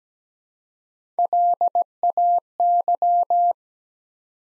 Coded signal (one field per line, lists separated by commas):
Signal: Morse code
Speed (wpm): 17 wpm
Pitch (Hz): 700 Hz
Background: none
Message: LAY